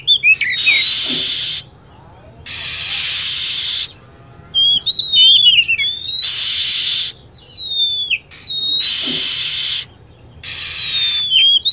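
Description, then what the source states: Lovebird shrill calls, with harsh hissing screech blocks alternating with clusters of high chirps and downward-curving whistles, repeated through the recording. Lure sound used to attract lovebirds.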